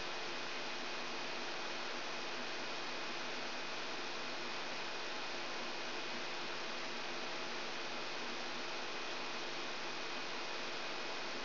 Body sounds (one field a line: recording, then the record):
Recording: brain microelectrode recording played as sound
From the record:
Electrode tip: outside the subthalamic nucleus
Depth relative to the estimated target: -6 mm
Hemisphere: left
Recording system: AlphaMap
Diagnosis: Parkinson's disease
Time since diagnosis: 19 years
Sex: female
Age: 64 years